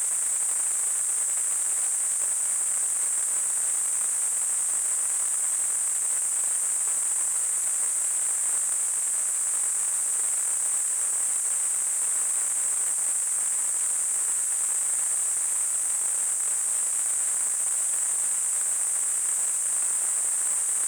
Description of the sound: Tinnitus.